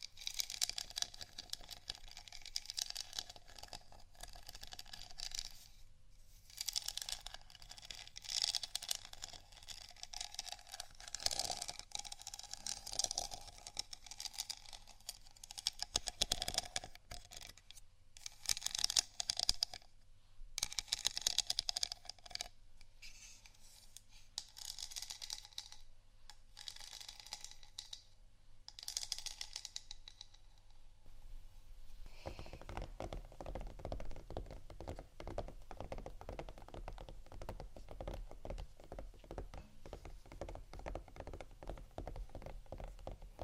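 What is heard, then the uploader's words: Scratching and tapping on textured items come in bursts of dry, bright rasps for about the first half-minute, with short pauses between strokes and a steady low hum underneath. Around 32 seconds a beat takes over, a dense, fast, even pulse with a thumping low end. ASMR Scratch & Tap On Textured Items & Beat（No Talking）.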